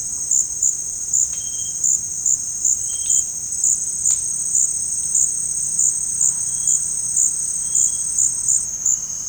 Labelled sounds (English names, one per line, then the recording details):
none
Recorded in secondary vegetation near Puerto Asís, Putumayo, Colombia, on 8 March 2025 at 17:00
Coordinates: 0.502, -76.326
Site G100